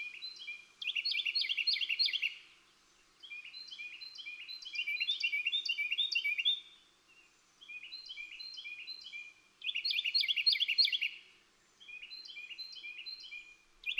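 Birdsong: loud runs of fast chirps alternate with softer, evenly spaced trilled phrases, over a light background hiss.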